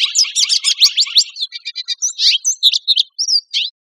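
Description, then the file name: Lesser goldfinch singing a fast, dense series of high sweeping chips that slow into separate whistled and buzzy notes near the end. Costa Rica, 2 August 2006. "CR LEGO 060802"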